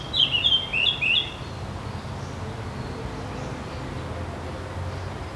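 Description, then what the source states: Bird song: a quick burst of bright, twittering chirps rising and falling high in pitch for just over a second, followed by a steady low hum of background noise. Singing in a city park.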